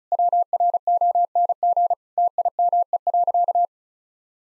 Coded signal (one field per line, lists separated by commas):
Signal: Morse code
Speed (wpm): 34 wpm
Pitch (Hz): 700 Hz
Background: none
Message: WRONG TIME.